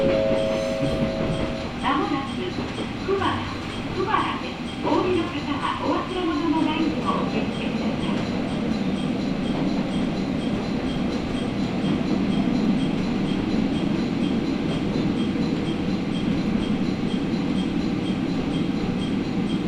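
Matsuura Railway train running from Matsuura toward Imari, with a steady low rumble of the wheels and motor throughout. In the first seven seconds a brief tone and a few short squeals or chimes rise over the rumble, then the rolling noise continues evenly to the end.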